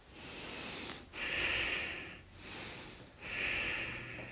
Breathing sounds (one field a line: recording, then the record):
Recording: deep breathing after running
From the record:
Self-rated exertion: light exertion (2 of 6)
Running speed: 8 miles an hour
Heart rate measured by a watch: 85 beats a minute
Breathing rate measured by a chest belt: 10 breaths a minute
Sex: male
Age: 24 years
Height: 175 cm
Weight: 56 kg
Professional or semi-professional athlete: no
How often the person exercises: over 5 times a week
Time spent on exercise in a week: over 5 hours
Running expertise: yes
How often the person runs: over 5 times a week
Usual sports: running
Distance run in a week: 60 km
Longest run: 43 km